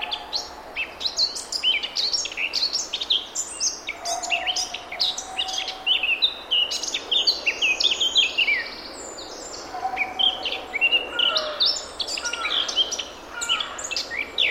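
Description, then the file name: Eurasian blackcap in steady, dense song: fast scratchy warbling mixed with clear fluty whistles, pouring on almost without pause, over faint hiss. "Sylvia atricapilla"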